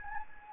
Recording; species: mosquito wingbeat signal from an infrared sensor; Anopheles gambiae